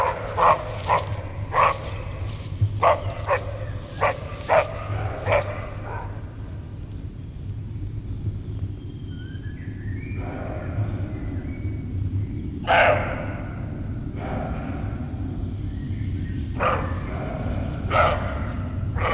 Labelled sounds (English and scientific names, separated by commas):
Western Roe Deer (Capreolus capreolus) barking